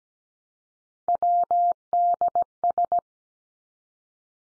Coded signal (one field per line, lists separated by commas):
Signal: Morse code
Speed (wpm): 17 wpm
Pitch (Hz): 700 Hz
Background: none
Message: WDS